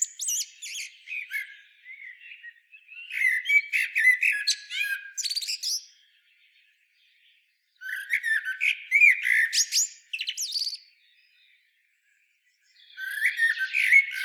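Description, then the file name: Common blackbird song in several bursts of varied whistled and chattering notes, with silent gaps between them. "Turdus merula"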